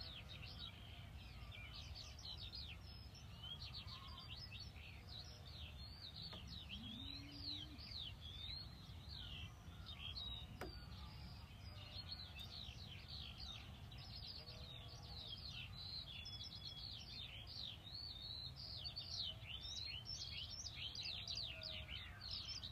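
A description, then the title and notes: A dawn chorus of many birds singing at once, a dense, unbroken mesh of high chirps, trills and quick rising and falling whistles that never lets up. A steady low rumble runs underneath throughout, and a lower call briefly surfaces near seven seconds. New Zealand Hobbiton Bilbo Baggins’ Dawn Chorus 2023. Matamata Dawn Chorus.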